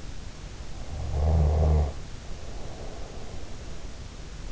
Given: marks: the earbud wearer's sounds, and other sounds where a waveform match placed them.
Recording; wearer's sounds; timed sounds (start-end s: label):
sounds in sleep by an in-ear microphone; snoring breath
1.02-3.83 s: snoring breath